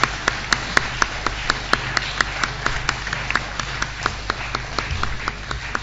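Applause in sharp, evenly spaced claps, roughly three or four a second, holding a steady rhythm for several seconds over a low, constant background noise, with no one talking.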